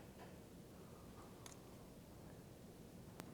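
A metal snap ring held at the tips of snap-ring pliers is pushed toward its groove on the assembly, with quiet handling noise, faint metallic ticks around 1.5 seconds and a sharp tick near 3.2 seconds. The snap ring has not yet clicked into its groove; nothing has seated.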